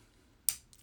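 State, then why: Seated. While the spring detent is pressed in, the steel flip aperture of a Brownells AR-15 A1-style rear sight is rotated until it clicks into its detent position in the sight base. A sharp, bright metallic click sounds at 0.5 s, followed by a much fainter tick at about 0.7 s. The aperture is seated in its detent.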